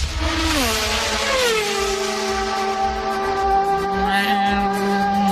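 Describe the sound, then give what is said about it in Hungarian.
A Formula 1 car screams past from right to left on a straight, braking slightly before a right-hand corner, its high, loud engine whine dropping sharply in pitch as it goes by, then holding a steady howl with another shift near the end. “Ahogy így elhúzott, igen, így jobbról balra előtted, hogy ülsz a góltribünön.”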